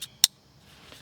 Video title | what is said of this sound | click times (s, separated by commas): OEM Nissan GTR Push Button Start Install | this new piece so all you do is push it in until you hear the click and then | 0.2 s